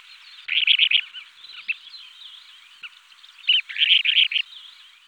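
Kentish plover calls: two bursts of rapid, high chirping trills around a second long, separated by quieter scattered chirps, with other faint high calls in the background.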